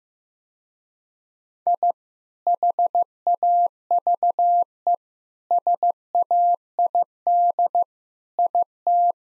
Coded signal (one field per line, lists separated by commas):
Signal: Morse code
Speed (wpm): 15 wpm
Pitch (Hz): 700 Hz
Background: none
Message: I HAVE SAID IT